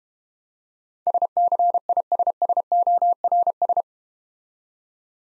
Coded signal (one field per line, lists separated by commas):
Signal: Morse code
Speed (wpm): 30 wpm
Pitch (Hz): 700 Hz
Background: none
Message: SCISSORS